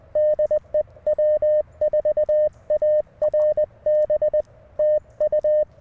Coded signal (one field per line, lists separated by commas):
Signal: Morse code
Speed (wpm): 20 wpm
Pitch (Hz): 610 Hz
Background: none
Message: DE W4ARB TU